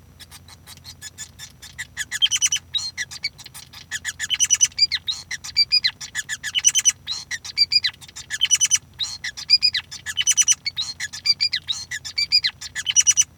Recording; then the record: song of a male Bengalese finch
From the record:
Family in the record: son of father 5